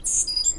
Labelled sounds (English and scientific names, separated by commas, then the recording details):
Stitchbird (Notiomystis cincta) song
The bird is a male
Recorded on Tiritiri Matangi Island, New Zealand, in 2005
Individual 18, of nest box 26